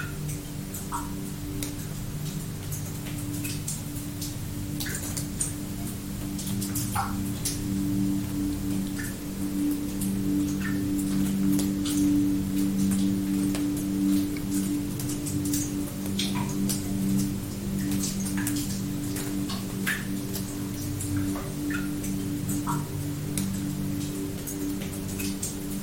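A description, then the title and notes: Water drops tick and patter brightly at irregular intervals over a steady low hum of soft music that swells slightly mid-clip. Water drop sound nature sounds music combines the calming sounds of water drops with soothing nature sounds and gentle music. The water drop sounds mimic the gentle dripping of water. The music accompanying the water drop and nature sounds is typically soft, gentle, and melodic.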